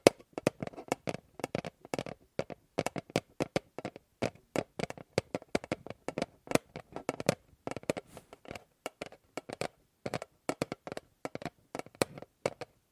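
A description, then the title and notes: Tapping on objects, a run of sharp, dry knocks with short gaps between them. The pace shifts, with quick bursts of several taps alternating with slower, spaced hits. The taps sound hard and clicky, with a woody middle body, and silence separates each one. ASMR Fast & Slow Tapping on 6 Objects No Talking.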